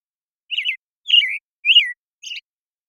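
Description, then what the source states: American Robin singing one phrase of four slurred caroling whistles, spaced about half a second apart in clean silence. Morning song in the Pacific Northwest, Washington, United States; very long sequence, parabolic microphone, processed clean, natural pacing kept.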